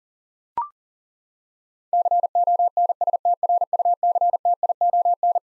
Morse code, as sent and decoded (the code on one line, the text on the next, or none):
-.-. --- -. ... - .-. ..- -.-. - .. --- -.
CONSTRUCTION